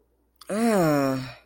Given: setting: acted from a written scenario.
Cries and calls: vocal sound without words; disgust

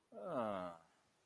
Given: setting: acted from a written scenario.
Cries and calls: vocal sound without words; confusion

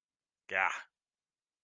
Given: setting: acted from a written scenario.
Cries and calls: vocal sound without words; guilt

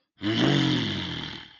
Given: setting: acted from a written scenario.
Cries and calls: vocal sound without words; anger

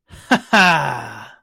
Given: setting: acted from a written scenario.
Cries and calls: vocal sound without words; triumph

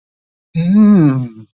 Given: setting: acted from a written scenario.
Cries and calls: vocal sound without words; desire

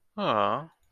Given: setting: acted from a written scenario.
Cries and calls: vocal sound without words; sympathy

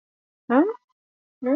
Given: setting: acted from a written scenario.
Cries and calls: vocal sound without words; confusion

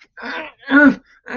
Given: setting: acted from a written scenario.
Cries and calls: vocal sound without words; distress

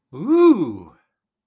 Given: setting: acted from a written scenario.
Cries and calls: vocal sound without words; elation

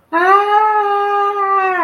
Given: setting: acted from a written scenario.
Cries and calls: vocal sound without words; distress

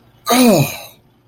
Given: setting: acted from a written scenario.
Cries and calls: vocal sound without words; realization

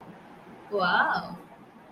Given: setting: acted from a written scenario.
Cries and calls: vocal sound without words; romantic love

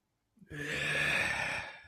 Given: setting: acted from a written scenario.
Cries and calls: vocal sound without words; anger

